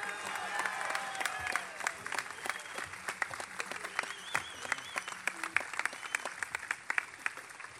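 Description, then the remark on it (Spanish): An audience applauds at a Unidad Popular campaign rally, cheering for candidate Héctor Morales, list 3060. Dense overlapping claps form a steady, loud wash with sharp individual hand claps popping out, plus faint crowd murmur and scattered cheers underneath. “Fuerte el aplauso entonces para Héctor Morales, lista 3060.”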